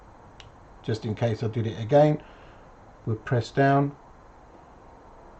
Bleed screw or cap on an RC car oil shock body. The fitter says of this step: but it will stay in place right so that will just stay in place ready you heard it click